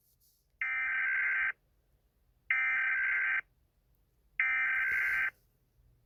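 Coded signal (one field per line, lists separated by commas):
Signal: Emergency Alert System (SAME) tones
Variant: header bursts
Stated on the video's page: Animated recreation of EAS alarms, reanimated.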